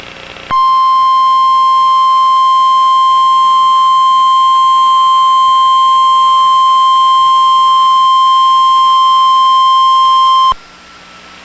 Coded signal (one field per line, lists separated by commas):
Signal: Emergency Alert System (SAME) tones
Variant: 1050 Hz attention tone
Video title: Severe Thunderstorm Warning (EAS #517)